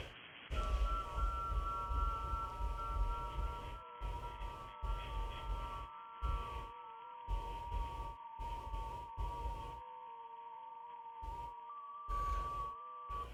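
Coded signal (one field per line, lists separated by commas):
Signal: FT8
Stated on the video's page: FT8 on 160 meters using a new, not-yet-tuned inverted L antenna with a ground rod; live stream.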